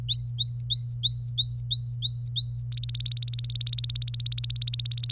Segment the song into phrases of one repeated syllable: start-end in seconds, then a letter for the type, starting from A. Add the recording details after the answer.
0.09-2.61 A, 2.72-5.11 B. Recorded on 25 April 2018 at 06:43. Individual llb3